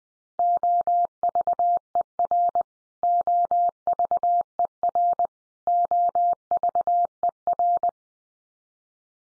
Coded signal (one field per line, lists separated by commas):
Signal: Morse code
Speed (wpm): 20 wpm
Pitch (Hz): 700 Hz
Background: none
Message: OVER OVER OVER